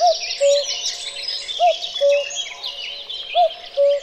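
Cuckoo calling cu-coo three times, high note then lower sustained note, evenly spaced, against a dense background of chirping songbirds.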